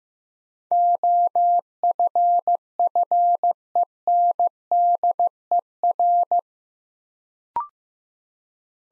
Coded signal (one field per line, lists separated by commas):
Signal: Morse code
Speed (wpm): 15 wpm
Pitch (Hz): 700 Hz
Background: none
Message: OFFENDER